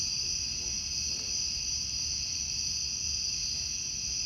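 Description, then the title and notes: Cicada chorus buzzing steadily and high, with a faint muffled sound near the start and a low rumble underneath. Outdoor summer recording of cicadas. "Ext Cicadas, Car Driving By, Summer"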